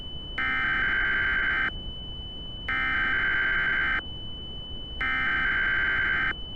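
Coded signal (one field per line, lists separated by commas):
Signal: Emergency Alert System (SAME) tones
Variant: header bursts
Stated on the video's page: Fictional EAS scenario based on a ROBLOX game.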